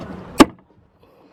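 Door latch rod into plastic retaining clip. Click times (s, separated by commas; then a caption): 0.4 s. A door latch rod on a 2002 Jeep Grand Cherokee, the second rod, is pushed by hand into its plastic retaining clip. Over a low background rumble, a sharp click at 0.4 s marks the rod snapping into place. It is confirmed seated.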